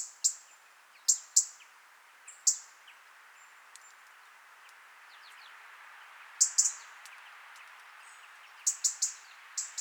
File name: European-Robin- -Erithacus-rubecula